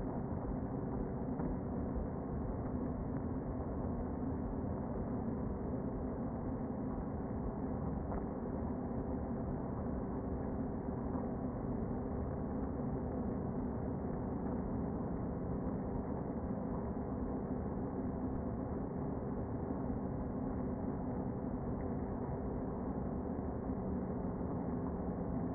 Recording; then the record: honeybee colony, microphone inside the hive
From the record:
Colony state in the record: queen present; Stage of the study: before two queens were removed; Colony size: about 60,000 bees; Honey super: yes